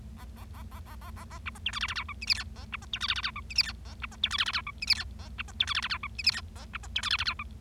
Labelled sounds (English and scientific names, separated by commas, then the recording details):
Bengalese Finch (Lonchura striata domestica) song
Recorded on 25 March 2012 at 14:44
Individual gy6or6